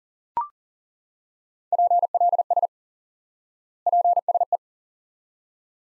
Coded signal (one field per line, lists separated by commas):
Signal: Morse code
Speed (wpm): 40 wpm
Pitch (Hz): 700 Hz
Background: none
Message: PLS PSE